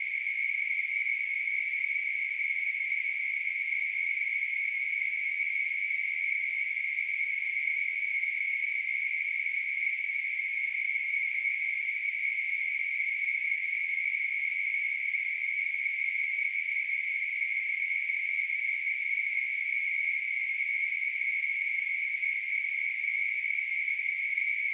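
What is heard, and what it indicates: A steady, unchanging high-pitched hiss concentrated in a narrow band, heard as a constant ringing-hissing noise, runs for about 25 seconds without pauses. It is a simulation of tinnitus, the phantom sound heard in the ears without any outside source.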